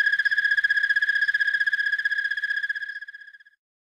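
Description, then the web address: Broad-winged tree cricket song: a continuous pulsed trill at one steady pitch, fading out after about three and a half seconds. "The Songs of Insects Broad-winged Tree Cricket"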